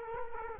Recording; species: mosquito wingbeat signal from an infrared sensor; Culex quinquefasciatus